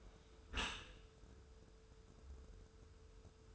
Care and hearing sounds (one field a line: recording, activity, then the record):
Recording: daily activity, microphone in the room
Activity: close dishwasher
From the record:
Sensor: 2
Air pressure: 1014.8 hPa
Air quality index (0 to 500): 25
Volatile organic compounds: 0 ppm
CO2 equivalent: 500 ppm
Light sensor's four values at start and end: 10/23/9/9 and 10/22/9/9